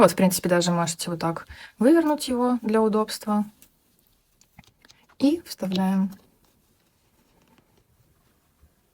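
Someone talks while getting ready to push the plastic washer for the second safety eye onto its post through the crocheted fabric of a crocheted toy, the same way as the first. Only faint handling ticks are heard between the stretches of talk, and nothing has seated or clicked yet.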